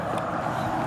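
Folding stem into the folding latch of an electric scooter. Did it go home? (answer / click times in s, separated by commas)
no / none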